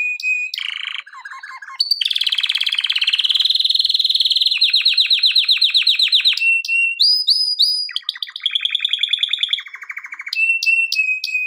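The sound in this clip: Canary: continuous high song built from quick rattling tours, each a run of identical notes, with sweeping slurred notes and clipped chirps between them.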